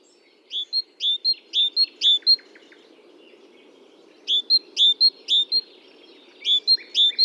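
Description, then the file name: Great tit calling in quick runs of bright, clipped high notes, three bursts separated by short silences, with a low constant hum underneath. "Parus major"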